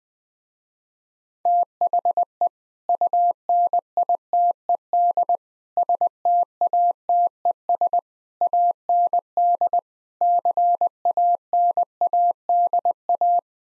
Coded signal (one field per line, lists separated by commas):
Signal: Morse code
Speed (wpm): 20 wpm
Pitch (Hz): 700 Hz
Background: none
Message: THE UNITED STATES AND CANADA